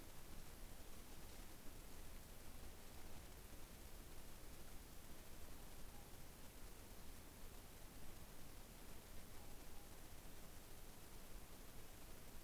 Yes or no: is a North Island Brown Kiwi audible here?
no